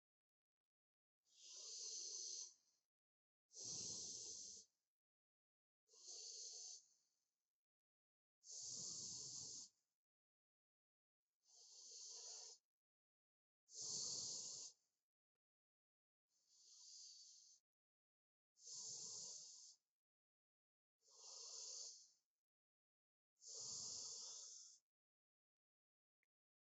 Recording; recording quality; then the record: deep breathing; excellent, no background noise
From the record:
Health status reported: healthy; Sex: male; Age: 37 years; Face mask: not worn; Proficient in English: yes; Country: India